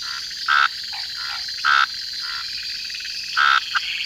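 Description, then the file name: Red-snouted treefrog giving short pulsed, rasping notes roughly every one to two seconds, with softer brief notes between, over a steady high hiss. "Scinax ruber"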